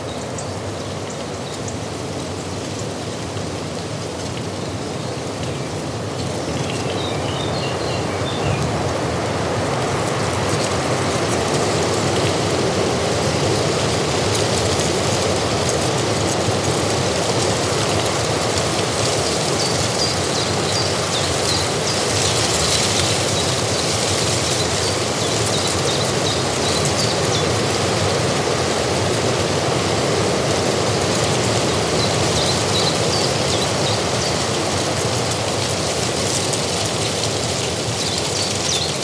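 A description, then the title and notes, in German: Wind on the Hochgern blows as a dense, steady roar filling the lows and mids, with a bright hiss above. It swells slightly after about ten seconds and then holds fairly even, with faint gusting flutter and a brief chirping sound around eight seconds. Natur - Wind am Hochgern.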